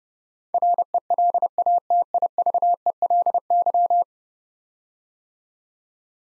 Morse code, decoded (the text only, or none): RELATIVELY